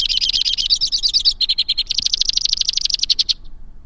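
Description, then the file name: White-winged crossbill song: a quick sequence of high trills, first wavering, then a short lower trill, then a steady fast rattle that stops abruptly. "suara kicauan burung white winged crossbill. omkicau"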